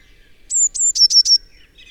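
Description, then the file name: Eurasian blue tit giving one crisp phrase: two sharp high whistled notes followed by three quick, slightly lower trilled notes. "Cyanistes caeruleus"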